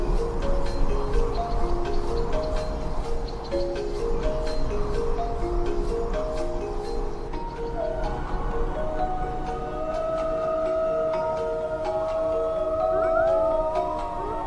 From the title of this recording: Music and Nature Sounds